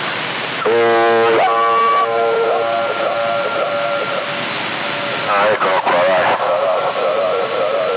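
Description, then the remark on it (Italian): A narrow-band CB radio transmission in Sassari, Italy, carries a voice with a ringing echo effect, its tones smeared and repeating, with wavering pitch glides and a steady hiss underneath. “Sì, ma quando l'ho usata io qua, quella lì, l'87, che è uguale a quella, tu me l'hai regolata, mi chichina a mezzogiorno, e l'eco è così, va bene, come lo stai usando adesso.”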